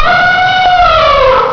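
Elephant trumpeting: one brassy, tonal blast held steady and then sagging slightly in pitch toward the end.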